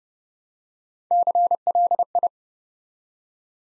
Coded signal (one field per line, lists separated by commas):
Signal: Morse code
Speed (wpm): 30 wpm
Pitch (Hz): 700 Hz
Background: none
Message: CLI